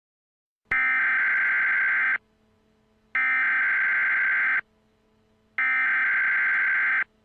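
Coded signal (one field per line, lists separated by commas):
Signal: Emergency Alert System (SAME) tones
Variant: header bursts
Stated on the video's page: Simulated EAS tones from a fictional EAS scenario.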